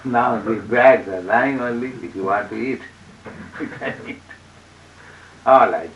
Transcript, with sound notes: "Now the bags are lying only. If You want to eat, [chuckling] You can eat." "All right.